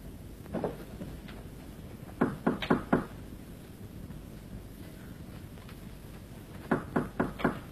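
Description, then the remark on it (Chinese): Knocking on a door in a Chinese opera drama, as a brother knocks on his sister's door to be let in: a single rap, then a quick run of four firm knocks, a pause, and another four, sharp and hollow over a low background rumble. No one speaks. “妹妹，妹妹，你开门呢？”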